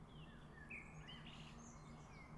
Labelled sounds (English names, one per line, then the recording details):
Common Blackbird
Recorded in Germany
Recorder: ecoPi